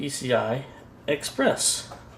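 A PCI Express power cable's plastic connector is handled at the labeled PCI Express socket on the power supply, a socket where it is held by a latching tab once in. Someone talks throughout, with no distinct impacts. Nothing has seated or clicked yet.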